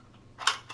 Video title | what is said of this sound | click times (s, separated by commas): Remington 870 for home defense | to compress both sides you'll hear a click on one and then the other | 0.5 s, 0.7 s